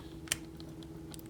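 A plastic assembly on a Transformers Masterpiece MP-39 Sunstreaker transforming robot figure is pushed down so a small internal plastic clip on the inside of a flat panel catches on the adjacent body piece. A sharp, bright click at 0.3 s shows it has snapped into place, followed by a fainter tick near 1.1 s over a steady low hum.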